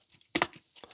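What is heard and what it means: The whole plastic leg assembly of a Transformers Age of the Primes Nemesis Prime action figure is swung up and around into the figure's lower body. It gives a sharp plastic snap at 0.4 seconds, followed by a quick second click and softer plastic rattles. The assembly locks in place.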